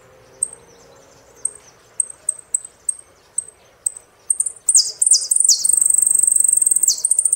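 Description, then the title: Saffron finch song: spaced high tsip notes, then loud downward-swept buzzy phrases and a fast, even high trill. "Jilguero Argentino"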